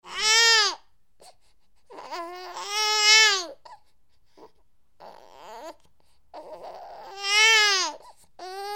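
A newborn baby cries in three loud, high-pitched bursts with rich harmonics, separated by softer, quieter whimpering sounds.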